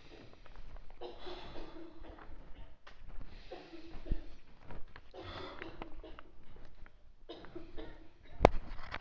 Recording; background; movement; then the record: deep breathing; a bystander coughing; walking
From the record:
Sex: male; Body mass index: 23.7 kg/m2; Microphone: on the chest, facing outward